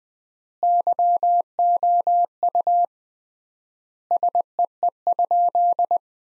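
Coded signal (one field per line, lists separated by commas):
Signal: Morse code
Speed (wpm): 20 wpm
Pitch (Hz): 700 Hz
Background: none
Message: YOU SEE?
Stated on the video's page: Morse practice sentences built from the top 100 words, sent at 20 wpm with 3x standard word spacing, a word-level analogue of Farnsworth.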